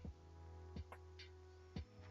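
A plastic model kit arm, the elbow assembly, is handled as it is slotted toward the shoulder joint. Over a steady low hum, a few short soft knocks are heard, along with a brief sharper tick near 0.9 s. Nothing has seated or clicked into the shoulder yet.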